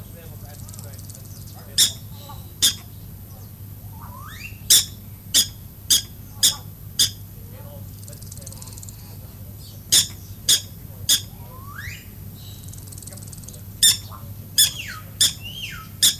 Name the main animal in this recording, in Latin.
Cynomys ludovicianus